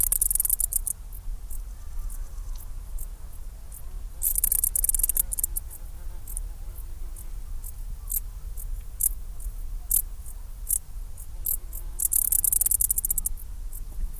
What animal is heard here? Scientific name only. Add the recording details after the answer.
Pholidoptera griseoaptera. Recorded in the wild. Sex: male. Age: imago. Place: Schildow, Kalktuffgelände am Tegeler Fließ (NSG Schildow), Berlin, DE. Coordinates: 52.64, 13.39. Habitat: Fließtal. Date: 1997-08-03 16:33. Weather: 24°C, bedeckt. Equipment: Sony MD-WM MZ-R3, Sennheiser ME 80, K 30 AV, Kopie Uher 4000 Report Monitor. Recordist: Tembrock, Günter. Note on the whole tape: Fließtal bei Schildow: Zwei Männchen: Stridulation, z.T. rivalisierend